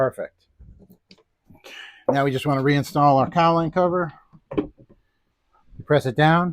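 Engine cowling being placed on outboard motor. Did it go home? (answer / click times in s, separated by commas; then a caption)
no / none. The engine cowling is lined up and placed back onto a 2016 Mercury 40hp outboard motor after a fuel filter replacement, ready to be pressed down to latch. Someone talks throughout, with a few faint handling knocks and taps between the words. Nothing has latched or clicked yet.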